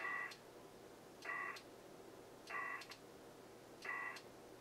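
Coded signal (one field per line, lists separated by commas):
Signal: HF data modem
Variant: PACTOR III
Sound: four short rhythmic buzzy data bursts, each about a third of a second, separated by hiss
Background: radio static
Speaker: and it's also doing error correction right now between the two stations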